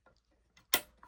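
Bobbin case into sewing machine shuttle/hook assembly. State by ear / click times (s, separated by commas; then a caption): seated / 0.7 s. A bobbin case is popped into the shuttle and hook assembly of a Burnette 330 sewing machine, after a bar in the machine was repositioned, to check how the thread catches from the bobbin. A faint tap comes at 0.6 s, then a sharp, bright click at 0.7 s as the case locks into place, followed by a softer tick near 1.0 s. The bobbin case is seated.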